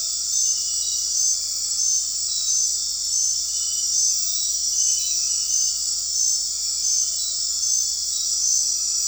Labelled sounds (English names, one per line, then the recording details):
none
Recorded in dense forest near Puerto Asís, Putumayo, Colombia, on 9 March 2025 at 21:00
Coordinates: 0.499, -76.324
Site GP03